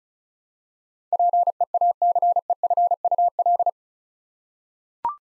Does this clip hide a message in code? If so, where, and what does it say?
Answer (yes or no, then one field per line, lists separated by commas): yes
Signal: Morse code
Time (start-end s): 1.1-3.7 s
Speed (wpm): 36 wpm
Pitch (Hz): 700 Hz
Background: none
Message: PEACEFUL